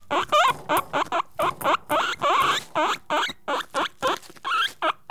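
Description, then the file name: Guinea pig wheeking loudly, a quick string of strong squeals that swoop upward. Caged guinea pig recorded close up. "Digiffects Sound Effects Library - Close Guinea Pig in Cage"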